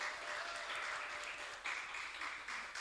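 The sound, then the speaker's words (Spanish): A crowd applauds two women photographers for their constant support, clapping steadily in a dense, continuous wash of applause that swells slightly louder toward the end, with no voices standing out. “porque ellas prestan su oficio, su trabajo, el trabajo fotógrafa es precarizado y aún así ellas lo dan gratuito a nosotras, sabiendo que es fuente laboral, así que le queríamos dar un aplauso a ambas por ese apoyo constante en realidad.”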